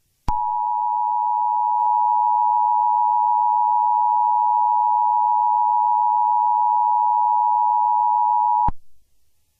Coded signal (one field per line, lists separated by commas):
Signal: Emergency Alert System (SAME) tones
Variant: 853 and 960 Hz attention tone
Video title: EAS scenario #1 | Nibiru